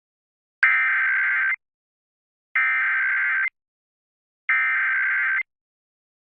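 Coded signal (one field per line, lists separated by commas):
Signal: Emergency Alert System (SAME) tones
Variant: header bursts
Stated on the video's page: Child Abduction Emergency alert aired on radio station KUHF 88.7.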